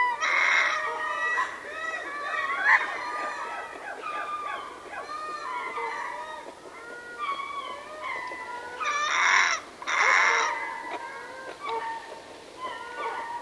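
Ring-tailed lemurs calling in a dense chorus of overlapping mews and wails, with two louder harsh, noisy bursts later on.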